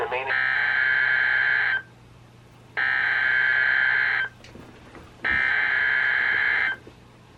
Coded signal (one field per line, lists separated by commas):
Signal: Emergency Alert System (SAME) tones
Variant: header bursts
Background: speech